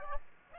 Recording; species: mosquito wingbeat signal from an infrared sensor; Aedes aegypti